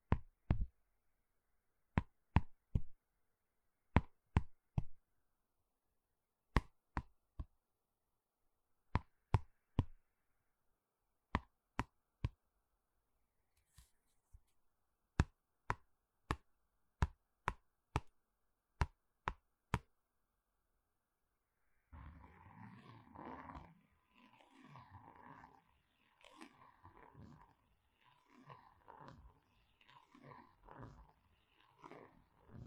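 A ballpoint pen clicks sharply in quick pairs and triplets for twenty seconds, then after a pause comes denser, continuous scratchy rustling.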